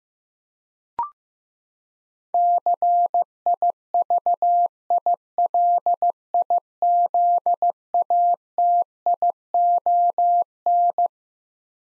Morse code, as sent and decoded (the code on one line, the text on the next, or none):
-.-. .. ...- .. .-.. .. --.. .- - .. --- -.
CIVILIZATION